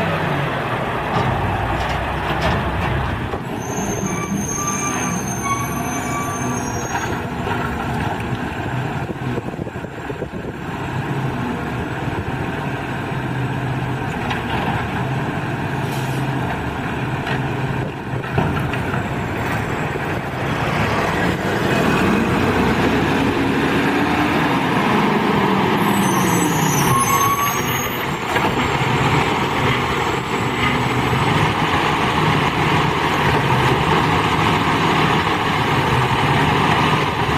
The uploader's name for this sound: Garbage Trucks